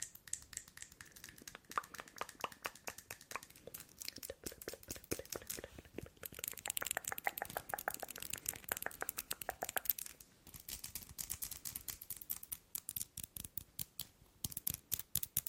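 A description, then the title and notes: Nails tap and fingers flutter in dense, rapid clicking bursts throughout, busiest between six and ten seconds, with crisp, bright crinkly edges. ASMR Nail Tapping and Finger Fluttering.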